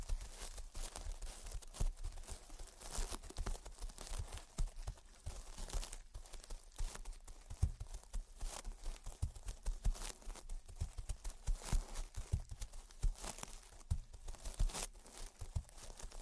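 Gentle tapping and scratching runs without pause, a dense patter of soft knocks mixed with dry, papery scraping. Bright, crisp strokes come in quick irregular bursts, with low thuds underneath, and the level rises and falls in short waves throughout.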